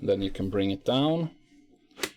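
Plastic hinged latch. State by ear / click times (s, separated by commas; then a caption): seated / 1.9 s, 2.0 s. Someone talks as the flip-up chin bar of a Shark Evo One modular motorcycle helmet is lowered into the full-face position on the helmet shell. A faint click at 1.9 s is followed by a sharper click at 2.0 s as the chin bar locks completely into its lower position.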